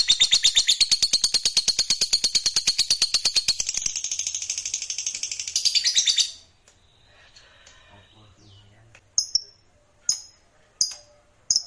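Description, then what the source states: Lovebird song: rapid, rasping, high chattering for about six seconds, then quiet, with a handful of sharp chirps near the end. Fighter-type lovebird singing energetically (gacor).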